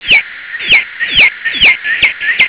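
Cardinal giving clear down-slurred whistles, about six in a row, one roughly every half second, over soft low thumps.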